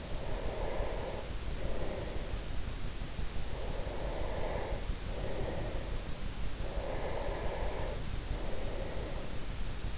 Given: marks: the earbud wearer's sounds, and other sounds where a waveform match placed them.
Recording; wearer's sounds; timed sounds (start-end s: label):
sounds in sleep by an in-ear microphone; breath
0.00-2.96 s: breath
3.11-6.19 s: breath
6.32-9.52 s: breath